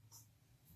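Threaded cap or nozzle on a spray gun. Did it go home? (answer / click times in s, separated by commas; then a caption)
no / none. A threaded cap or nozzle is being twisted back onto a Norvell Z3000/M1000 spray gun, turned carefully on lubed threads so it does not cross-thread. Faint, soft high-pitched scraping swells near 0.1–0.25 s and again near 0.7 s over a low steady hum. Nothing has seated or clicked yet.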